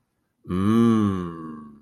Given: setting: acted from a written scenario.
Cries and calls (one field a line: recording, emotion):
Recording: vocal sound without words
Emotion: desire